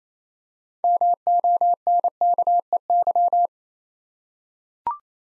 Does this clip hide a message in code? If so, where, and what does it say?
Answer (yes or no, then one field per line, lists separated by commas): yes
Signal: Morse code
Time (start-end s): 0.8-3.5 s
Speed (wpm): 28 wpm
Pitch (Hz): 700 Hz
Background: none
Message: MONKEY